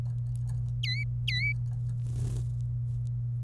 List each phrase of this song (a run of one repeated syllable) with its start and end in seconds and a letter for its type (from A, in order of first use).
0.83-1.52 A